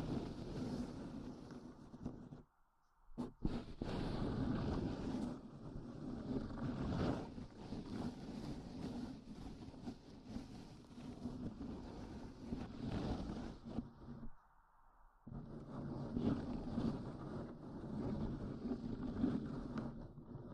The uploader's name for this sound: Grab the microphone slowly